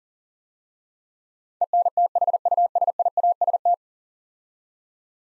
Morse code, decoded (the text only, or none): ENTHUSIAST